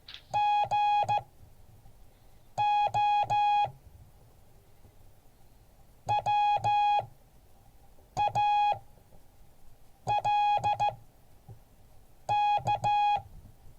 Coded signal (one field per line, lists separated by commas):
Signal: Morse code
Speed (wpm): 14 wpm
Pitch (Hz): 830 Hz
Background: none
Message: GO WALK